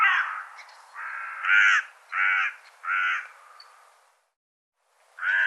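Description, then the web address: Bird calling with rough, grating caws in a rapid series of about five, then a brief silence before another caw at the end. "cianscape birddata"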